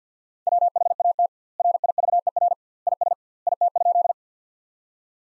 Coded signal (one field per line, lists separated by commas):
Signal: Morse code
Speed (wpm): 50 wpm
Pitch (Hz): 700 Hz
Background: none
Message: WHAT RIVER IS IT?